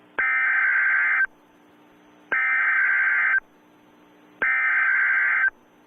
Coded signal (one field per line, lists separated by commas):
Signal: Emergency Alert System (SAME) tones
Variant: header bursts